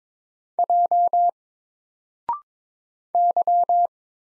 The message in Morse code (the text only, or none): J Y